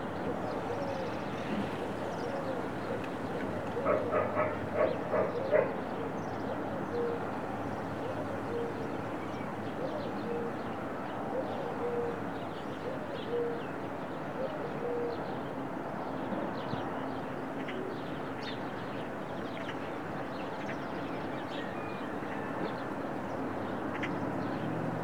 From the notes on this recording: daily recordings from my studio in the Serra de Collserola natural park